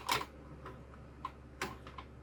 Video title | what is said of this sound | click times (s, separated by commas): The Ultimate Guide to AVerMedia HDMI 2.1 Internal PCIe Capture Card | down now I'm not sure that's locked in place totally I'mma pause the video right quick | 1.6 s